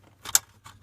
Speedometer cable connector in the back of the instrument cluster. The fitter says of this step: and it pops out